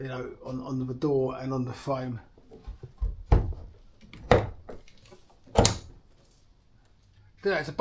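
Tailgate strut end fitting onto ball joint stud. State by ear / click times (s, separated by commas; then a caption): seated / 4.3 s, 5.6 s. Someone talks as the socket end of an electric tailgate strut on a Toyota Alphard AH30 is pushed onto the ball joint studs on the door and the frame. Sharp clicks from the little retaining clips are heard at 4.3 s and 5.7 s, and the strut end is seated. Then someone talks again.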